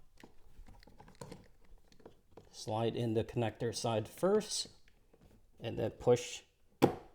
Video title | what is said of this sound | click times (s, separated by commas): Installing DYNAMIC Dual Logo Audi R8 door lights!!! | the rest until it snaps. And we're done. | 6.8 s